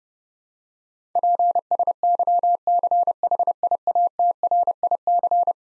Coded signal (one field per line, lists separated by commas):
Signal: Morse code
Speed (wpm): 32 wpm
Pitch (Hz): 700 Hz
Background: none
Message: PSYCHIATRIC